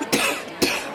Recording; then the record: coughing mixed with background sound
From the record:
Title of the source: 64 coughing, allergies, singing lungs